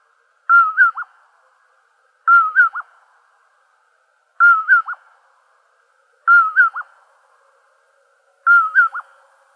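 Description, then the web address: Common poorwill giving clear whistled 'poor-will-ip' phrases, each ending in two slurred lower notes, repeated about every two seconds in stillness. "Nightjars. deviche"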